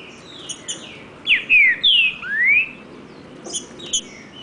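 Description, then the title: Green-winged saltator singing a short phrase of strong whistles, three falling slurs then a rising one, amid soft chirps. Wild bird in the bush singing in contest with another free bird; 'nicão' song style. "Trinca Ferro NICÃO No Mato Disputando Com Solto"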